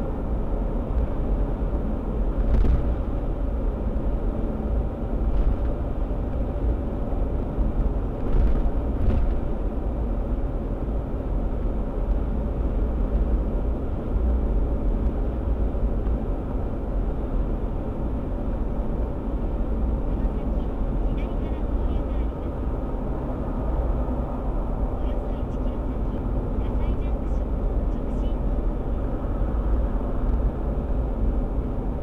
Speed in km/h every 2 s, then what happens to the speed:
89, 89, 90, 89, 90, 89, 90, 89, 88, 87, 87, 85, 84, 85, 84, 83.
0-32 steady at about 88.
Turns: none.